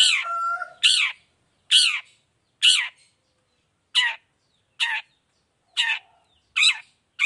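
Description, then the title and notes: Long-tailed shrike calling: a grating note repeated about once a second, each one rough, with silence between. Morning singing actively, in a 'toet toet' variation with a clear voice and full variation, presented as very easy for other long-tailed shrikes to copy. "Cendet Gacor Dor Di Kala Pagi Toet Toet Variasi Suara. Efektif Cendet Gacor Suara Jernih Full Variasi Sangat Mudah Di Tiru Cendet Jenis Apapun. Burung cendet"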